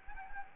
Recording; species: mosquito wingbeat signal from an infrared sensor; Anopheles gambiae